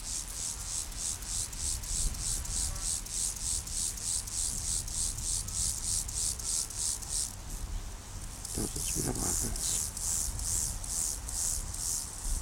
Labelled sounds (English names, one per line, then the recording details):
Orange-tipped Grasshopper stridulation
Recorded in the wild
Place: Blankenfelde, Tegeler Fließ, Berlin, DE
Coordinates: 52.625, 13.404
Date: 1992-08-16 11:40
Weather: sonnig - wolkig, 17-22°C
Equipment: Marantz CP 430, Sennheiser ME 80, Kopie Tesla B 116
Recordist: Tembrock, Günter